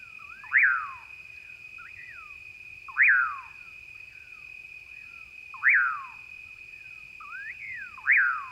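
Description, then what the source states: Common Pauraque giving loud whistled calls that rise sharply then slur down, repeated about every two and a half seconds, with a steady insect drone behind. Vibrant pirir call, described as a signature night sound of the Rio Grande Valley.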